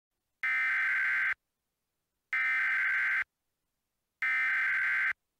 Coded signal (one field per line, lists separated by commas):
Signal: Emergency Alert System (SAME) tones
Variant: header bursts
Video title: EAS Mock Scenario: The Largest High Risk for Severe Weather Ever Issued (May 30th, 2004)